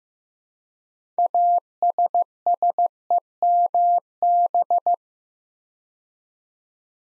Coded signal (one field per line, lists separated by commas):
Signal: Morse code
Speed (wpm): 15 wpm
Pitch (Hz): 700 Hz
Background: none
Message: ASSEMB